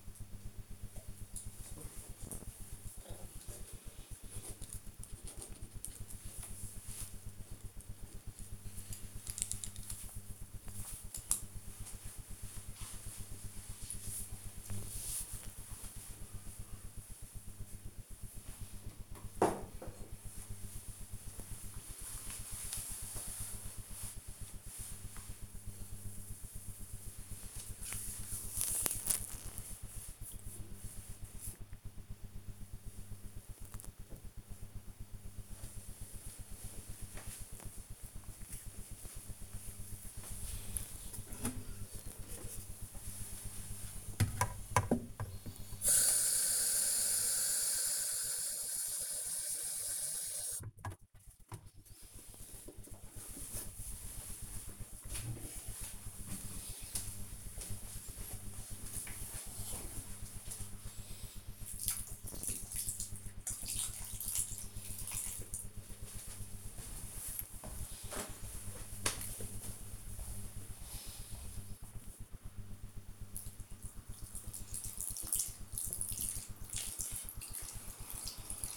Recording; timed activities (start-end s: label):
household activities, microphone on the right wrist
0.00-18.08 s: drinking
41.25-78.76 s: watering plant